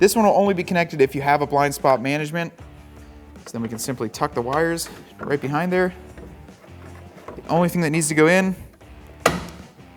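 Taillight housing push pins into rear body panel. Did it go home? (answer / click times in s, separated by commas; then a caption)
yes / 9.3 s. A new LED red lens taillight assembly housing for a 2020-2021 Jeep Gladiator is pressed into the rear body panel so its plastic push pins go into the holes, while someone talks over music. A single sharp, loud hit at 9.3 seconds marks the push pins snapping in, and the housing is seated.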